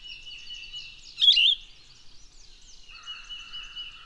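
Bird song: one short, loud warbled phrase early on amid a steady high chorus, with a thin whistle and a lower buzzy trill later.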